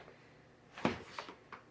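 Plastic divider pieces for a DreamBox DiviDrawers craft-storage drawer organizer base are handled as they are about to be pressed into their slots. A sharp knock at 0.9 s is followed by lighter taps around 1.2 s and 1.5 s. Nothing has seated or clicked into place yet.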